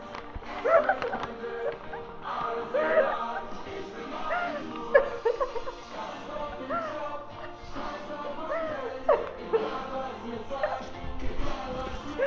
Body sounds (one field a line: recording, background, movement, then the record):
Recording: laughter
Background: music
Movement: walking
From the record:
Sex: female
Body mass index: 18.8 kg/m2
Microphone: on the chest, facing outward